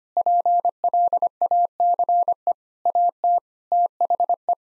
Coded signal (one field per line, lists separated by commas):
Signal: Morse code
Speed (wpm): 25 wpm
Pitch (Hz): 700 Hz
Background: none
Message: PLACE AT THE